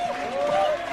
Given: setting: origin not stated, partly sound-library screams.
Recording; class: one-second piece from a danger detection set; normal situation